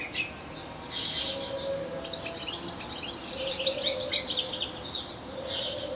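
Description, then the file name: European goldfinch twittering, bright tinkling notes building into a busy chatter, with a faint low steady tone coming and going in the background. "Carduelis carduelis"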